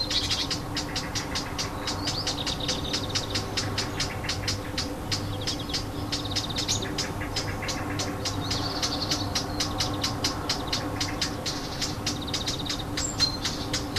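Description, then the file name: Warbler giving a fast, steady run of hard tacking clicks, mixed with brief twittering notes over a constant low background drone. Alarm call, recorded 25 June 2014 with an MZ-N710 recorder. "Fauvette cri d alarme 25 06 14"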